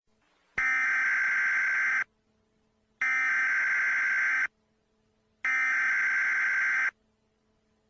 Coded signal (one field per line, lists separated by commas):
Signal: Emergency Alert System (SAME) tones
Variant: header bursts